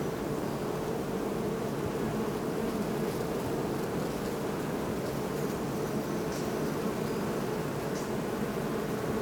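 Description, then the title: Honey bee hive hum, a continuous thick buzz of many bees holding an even level, with a few faint higher ticks near the end. Hum of hundreds of bees at beehives in a botanical garden in Oldenburg; recorded on a Sony PCM-D50. "Botanischer Garten Oldenburg - bee hive"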